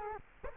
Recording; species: mosquito wingbeat signal from an infrared sensor; Culex quinquefasciatus